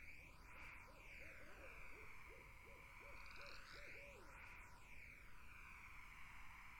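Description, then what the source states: Barred owls giving a rapid series of short arched hooting notes through the middle seconds, over a steady insect drone and a whooshing, sweeping hiss. Barred owls in a summer wetland; 8D immersive audio.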